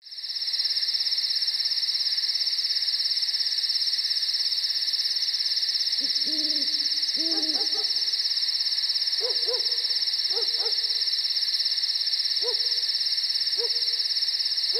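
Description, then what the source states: Owl hooting, short hoots repeated at intervals from about six seconds on, over a loud, steady high insect chirring. Night nature recording with crickets and an owl.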